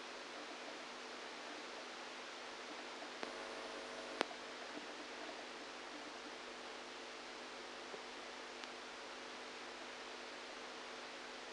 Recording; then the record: brain microelectrode recording played as sound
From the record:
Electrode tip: outside the subthalamic nucleus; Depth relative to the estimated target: -6 mm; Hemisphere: right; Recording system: NeuroSet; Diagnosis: Parkinson's disease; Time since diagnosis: 27 years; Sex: male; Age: 62 years